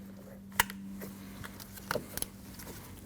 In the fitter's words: First, you want to plug it in, listen for the click.